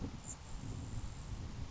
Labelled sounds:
Grasshopper Sparrow (Ammodramus savannarum)
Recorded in Sonoma County, California

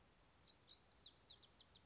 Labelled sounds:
Lazuli Bunting (Passerina amoena)
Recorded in Sonoma County, California

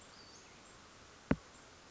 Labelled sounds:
Western Flycatcher (Empidonax difficilis)
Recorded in Sonoma County, California

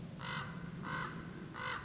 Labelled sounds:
Common Raven (Corvus corax)
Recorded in Sonoma County, California

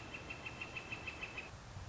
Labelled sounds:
Northern Flicker (Colaptes auratus)
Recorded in Sonoma County, California

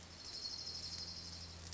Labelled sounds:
Orange-crowned Warbler (Leiothlypis celata)
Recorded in Sonoma County, California

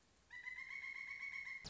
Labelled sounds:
Pileated Woodpecker (Dryocopus pileatus)
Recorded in Sonoma County, California

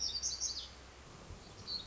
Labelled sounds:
Black-throated Gray Warbler (Setophaga nigrescens)
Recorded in Sonoma County, California

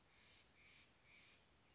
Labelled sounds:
Steller's Jay (Cyanocitta stelleri)
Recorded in Sonoma County, California

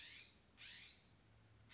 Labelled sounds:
California Scrub-Jay (Aphelocoma californica)
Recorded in Sonoma County, California

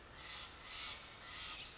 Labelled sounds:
Steller's Jay (Cyanocitta stelleri)
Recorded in Sonoma County, California

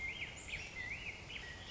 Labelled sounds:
Black-headed Grosbeak (Pheucticus melanocephalus)
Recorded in Sonoma County, California

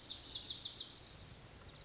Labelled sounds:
Lazuli Bunting (Passerina amoena)
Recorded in Sonoma County, California

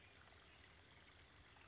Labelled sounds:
Western Flycatcher (Empidonax difficilis)
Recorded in Sonoma County, California

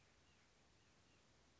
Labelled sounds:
White-breasted Nuthatch (Sitta carolinensis)
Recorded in Sonoma County, California

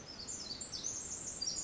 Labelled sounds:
Pacific Wren (Troglodytes pacificus)
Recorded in Sonoma County, California

